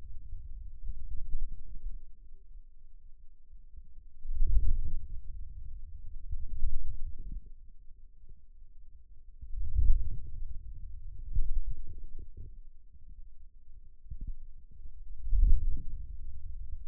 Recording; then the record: forearm muscle sounds (acoustic myography)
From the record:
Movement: wrist extension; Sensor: system 2, bracelet of six BSWA MPA416 microphones around the upper forearm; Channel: 1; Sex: male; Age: 22 years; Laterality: right